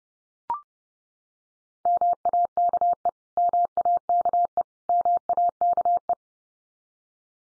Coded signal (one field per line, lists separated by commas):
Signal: Morse code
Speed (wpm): 30 wpm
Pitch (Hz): 700 Hz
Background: none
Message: MAKE MAKE MAKE